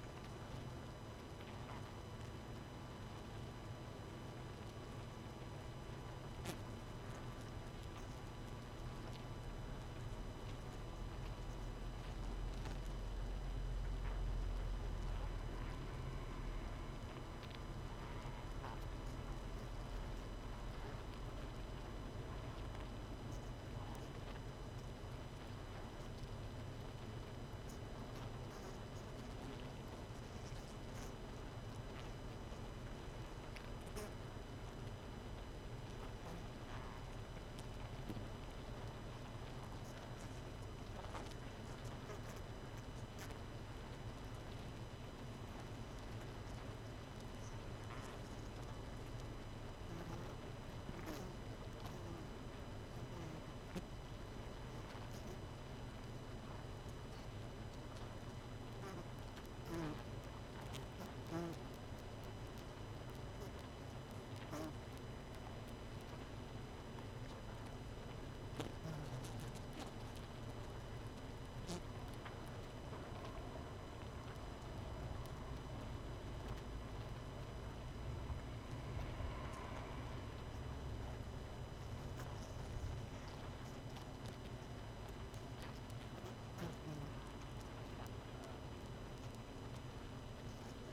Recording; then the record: honeybee colony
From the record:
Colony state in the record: missing queen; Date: 31 May 2018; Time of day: 21:55